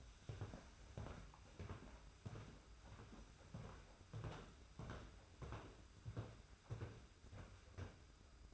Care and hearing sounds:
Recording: daily activity, microphone in the room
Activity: walk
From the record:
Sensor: 2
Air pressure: 991.5 hPa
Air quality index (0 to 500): 186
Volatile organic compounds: 1000 ppm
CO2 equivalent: 6078 ppm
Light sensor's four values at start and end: 28/84/33/31 and 30/92/36/34

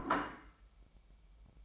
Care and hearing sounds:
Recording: daily activity, microphone in the room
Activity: place plate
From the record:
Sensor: 1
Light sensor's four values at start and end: 8/28/10/11 and 8/28/10/11

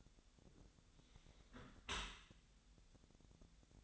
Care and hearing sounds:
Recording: daily activity, microphone in the room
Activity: close dishwasher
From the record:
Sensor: 3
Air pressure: 1006.7 hPa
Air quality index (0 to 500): 207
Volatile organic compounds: 19 ppm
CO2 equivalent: 2646 ppm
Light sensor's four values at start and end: 10/24/10/10 and 10/24/10/10

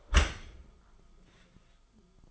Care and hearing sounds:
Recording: daily activity, microphone in the room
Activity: close dishwasher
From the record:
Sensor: 5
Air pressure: 1004.8 hPa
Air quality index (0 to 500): 94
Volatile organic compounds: 2 ppm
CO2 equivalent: 1135 ppm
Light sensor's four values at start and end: 32/74/30/30 and 32/73/30/30

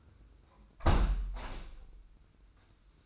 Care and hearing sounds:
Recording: daily activity, microphone in the room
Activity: close window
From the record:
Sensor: 2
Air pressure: 990.2 hPa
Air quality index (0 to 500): 196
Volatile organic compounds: 1000 ppm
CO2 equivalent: 6267 ppm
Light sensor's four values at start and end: 23/55/22/22 and 24/56/23/23

